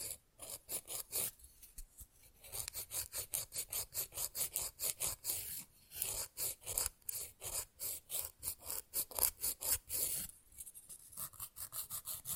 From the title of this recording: Fast & Rough Nail Filing + Tapping